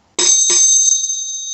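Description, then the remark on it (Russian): A small hand bell rings twice in quick succession, its bright, high metallic tone sustaining and slowly fading afterward. The bell is fairly loud, with no voices. “вот смотрите, вот колокольчик, да?”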